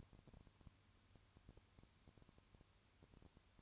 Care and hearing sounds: daily activity, microphone in the room; no activity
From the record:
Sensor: 2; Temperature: 20.3 degrees Celsius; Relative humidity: 35.6%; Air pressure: 1000.9 hPa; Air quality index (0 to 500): 196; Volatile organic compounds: 5 ppm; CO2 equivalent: 1729 ppm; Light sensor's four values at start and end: 2/3/2/2 and 2/3/2/2

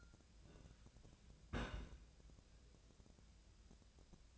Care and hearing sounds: daily activity, microphone in the room; place on stove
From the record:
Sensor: 2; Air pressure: 1009.8 hPa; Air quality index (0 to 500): 179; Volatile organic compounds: 10 ppm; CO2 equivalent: 2245 ppm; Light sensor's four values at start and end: 31/77/33/37 and 31/77/33/37

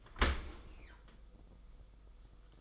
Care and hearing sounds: daily activity, microphone in the room; open dishwasher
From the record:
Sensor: 5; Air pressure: 990.6 hPa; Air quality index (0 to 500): 163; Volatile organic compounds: 292 ppm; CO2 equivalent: 4464 ppm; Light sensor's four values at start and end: 37/113/44/47 and 37/114/44/47

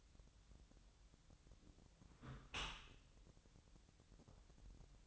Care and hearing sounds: daily activity, microphone in the room; close dishwasher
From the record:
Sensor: 3

